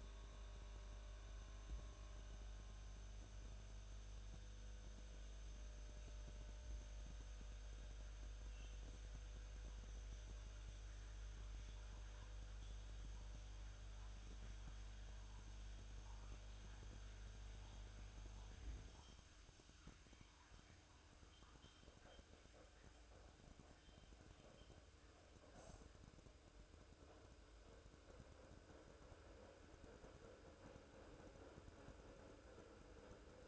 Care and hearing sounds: daily activity, microphone in the room; make coffee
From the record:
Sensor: 2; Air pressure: 1007.2 hPa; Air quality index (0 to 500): 38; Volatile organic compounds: 1 ppm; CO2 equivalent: 535 ppm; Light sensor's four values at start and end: 5/12/5/5 and 6/13/5/6

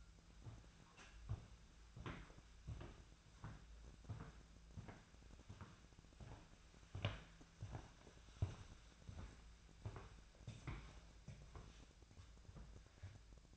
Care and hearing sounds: daily activity, microphone in the room; walk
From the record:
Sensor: 2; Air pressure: 1008.2 hPa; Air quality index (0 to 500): 181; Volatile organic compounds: 10 ppm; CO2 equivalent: 2232 ppm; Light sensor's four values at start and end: 13/32/13/14 and 13/32/13/14

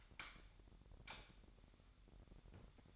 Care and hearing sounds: daily activity, microphone in the room; light off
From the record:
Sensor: 3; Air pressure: 1011.9 hPa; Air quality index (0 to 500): 232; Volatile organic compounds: 5 ppm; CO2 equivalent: 1725 ppm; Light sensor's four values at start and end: 17/43/18/18 and 15/35/15/15

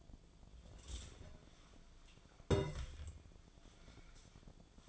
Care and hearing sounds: daily activity, microphone in the room; take from stove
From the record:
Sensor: 5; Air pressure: 1010.0 hPa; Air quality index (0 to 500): 150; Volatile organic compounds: 3 ppm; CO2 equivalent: 1471 ppm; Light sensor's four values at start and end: 244/597/253/278 and 256/613/263/293

